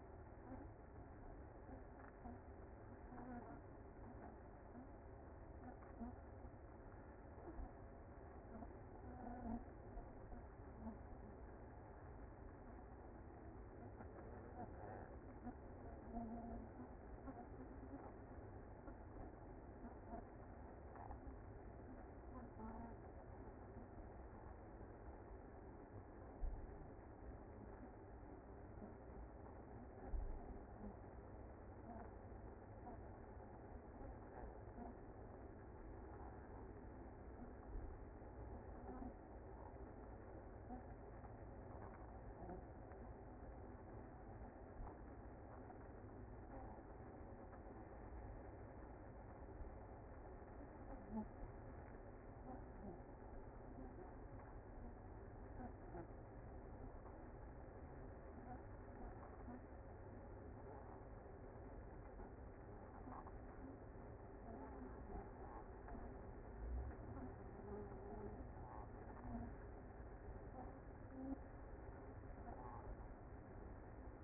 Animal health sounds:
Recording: honeybee colony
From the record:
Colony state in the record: active

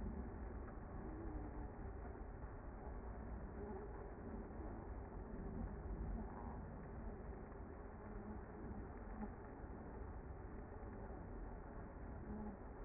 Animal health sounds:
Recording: honeybee colony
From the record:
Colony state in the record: active

